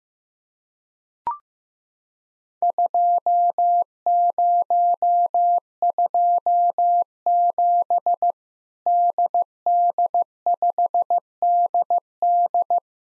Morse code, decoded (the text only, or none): 2027 DD5DD